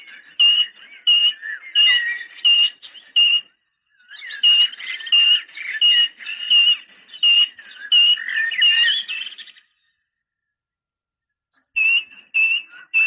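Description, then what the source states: Great tit song: fast repeated two-note whistles in long runs, with overlapping chattering and twittering notes, pausing briefly before resuming. Training recording (suara masteran) used to teach songbirds.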